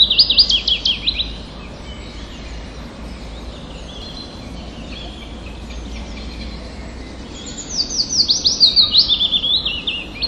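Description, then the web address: Willow warbler singing a gentle, descending warble that trails off, with quieter twittering in between until another full falling phrase arrives near the end. Recorded on 29 April 2011. "wroblowe kontra piecuszek 29 04 2011"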